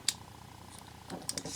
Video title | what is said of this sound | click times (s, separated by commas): Mystery Robot - No information, but can do magic. | gets placed on top snaps | 0.1 s